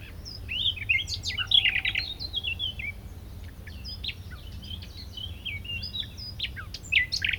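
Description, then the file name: Common nightingale song of scattered varied chirps, clicks and short whistled notes, irregular and fairly soft, over low background hum. "Luscinia megarhynchos"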